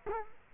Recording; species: mosquito wingbeat signal from an infrared sensor; Culex quinquefasciatus